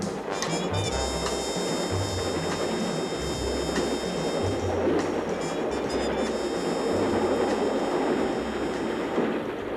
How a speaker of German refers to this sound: Ein Zug fährt nach London.